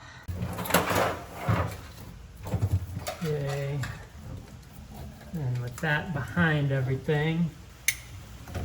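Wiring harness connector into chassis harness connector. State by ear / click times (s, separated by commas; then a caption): seated / 7.9 s. A conversion wiring harness connector is pushed into its mating chassis harness connector up under the dash, with handling noise early on and someone talking. A sharp click is heard at 7.9 s as the connector locks and seats.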